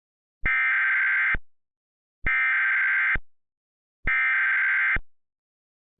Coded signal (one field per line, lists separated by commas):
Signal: Emergency Alert System (SAME) tones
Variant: header bursts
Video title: EAS Recreation Mock: "Cudahy!"